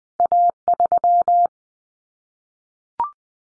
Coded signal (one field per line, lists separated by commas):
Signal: Morse code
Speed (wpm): 20 wpm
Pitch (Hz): 700 Hz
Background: none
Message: A3